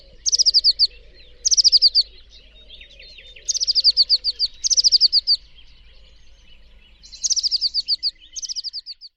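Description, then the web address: Bird calls: short bursts of rapid, high-pitched chirped notes, repeated several times with pauses between; quiet background. "Bird Only"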